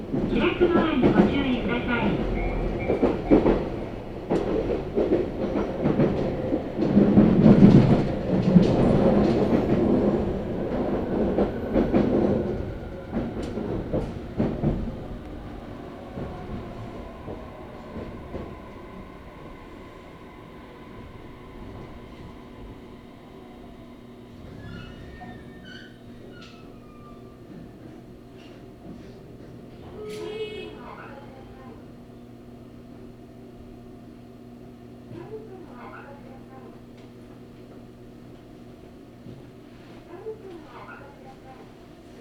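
A one-man train departs northward. The first fifteen seconds are loud and busy, with rumbling and clattering along with voices, then the noise falls away to a steady low hum with sustained tones. Short beeps or chimes sound around 30 seconds and again later.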